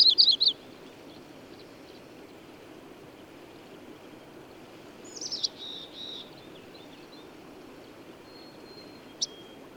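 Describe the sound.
Bird song: a brief, high trill at the start, a few high notes midway, and a single sharp click near the end amid a low steady hiss.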